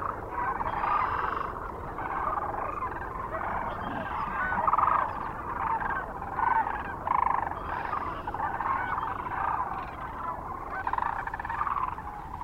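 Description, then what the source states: Sandhill Crane flock calling: a dense, continuous chorus of rolling, rattling calls that swell and fade over twelve seconds, with no pause in the sound. Recorded near Kearney, Nebraska, on 9 March 2004.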